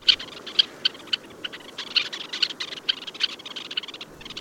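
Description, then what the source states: Red-necked Phalarope giving short, sharp, high chipping calls in quick irregular bursts. Arctic breeder with circumpolar range; female actively chooses and courts a partner in a conspicuous display flight; males tend the young.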